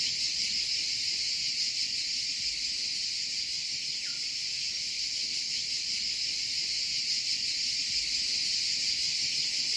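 Cicada song, an unbroken shrill buzz, steady throughout.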